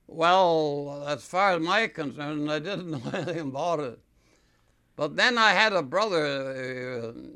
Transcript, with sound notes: Well, as far as I'm concerned, I didn't (he laughs) know anything about it. But then I had a brother.